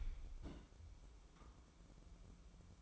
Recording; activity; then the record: daily activity, microphone in the room; place on stove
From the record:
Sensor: 1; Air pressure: 1008.1 hPa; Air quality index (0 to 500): 134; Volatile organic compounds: 2 ppm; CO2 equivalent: 1123 ppm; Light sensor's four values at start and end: 8/18/7/8 and 8/18/7/8